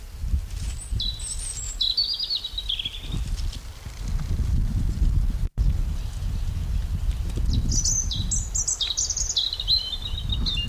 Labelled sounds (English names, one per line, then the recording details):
European Robin song
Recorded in the wild
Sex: male
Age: adult
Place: Buckow (Märkische Schweiz), Märkische Schweiz, Brandenburg, DE
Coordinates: 52.5536, 14.0725
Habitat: forest
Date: 1988-04-16 13:57
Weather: 22,3 -27,2°C
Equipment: Sony WM-D6C, Sony ECM-939 LT, Kopie 19 cm
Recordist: Tembrock, Günter